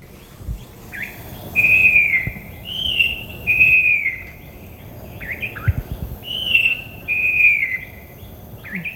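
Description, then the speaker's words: Falcated wren-babbler singing loud, clear whistled phrases, each a sustained note with slight bends, several in succession with a pause before more, over a soft background hiss. "A loud song throughout the cuts coming from the falcated wren babbler, Tilochicla falcata."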